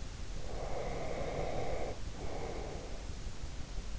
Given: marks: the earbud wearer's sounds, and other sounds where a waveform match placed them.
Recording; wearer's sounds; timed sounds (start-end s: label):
sounds in sleep by an in-ear microphone; breath
0.40-3.09 s: breath